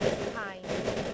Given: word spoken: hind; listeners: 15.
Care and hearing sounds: one English word in noise, from a listening test; noise modulated by three-talker babble; -7.6 dB; 1 of 15; 7 of 15; 0.74 s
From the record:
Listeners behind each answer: 7, 3, 2, 1, 1, 1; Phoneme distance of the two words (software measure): 10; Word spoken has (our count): 1 syllable, 4 phonemes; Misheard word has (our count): 1 syllable, 4 phonemes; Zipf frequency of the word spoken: 3.37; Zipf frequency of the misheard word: 5.60

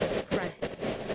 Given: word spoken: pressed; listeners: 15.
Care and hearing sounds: one English word in noise, from a listening test; noise modulated by three-talker babble; -7.8 dB; 0 of 15; 9 of 15; 0.75 s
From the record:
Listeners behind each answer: 9, 2, 1, 1, 1, 1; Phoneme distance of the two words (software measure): 7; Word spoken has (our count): 1 syllable, 5 phonemes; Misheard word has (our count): 1 syllable, 4 phonemes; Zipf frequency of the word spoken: 3.97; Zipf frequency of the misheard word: 4.89

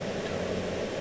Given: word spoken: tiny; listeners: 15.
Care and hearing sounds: one English word in noise, from a listening test; speech-shaped noise; -7.0 dB; 0 of 15; 9 of 15; 0.61 s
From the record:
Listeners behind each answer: 9, 1, 1, 1, 1, 1, 1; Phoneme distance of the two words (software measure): 17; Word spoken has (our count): 2 syllables, 4 phonemes, stress on syllable 1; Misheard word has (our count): 1 syllable, 3 phonemes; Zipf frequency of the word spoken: 4.87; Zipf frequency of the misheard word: 6.35

